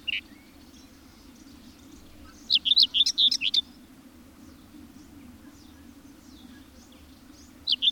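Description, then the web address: Bird song of a brief high warbled phrase, followed by a long pause and the start of another, over a steady low background hum. "madarak enek"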